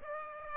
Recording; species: mosquito wingbeat signal from an infrared sensor; Aedes aegypti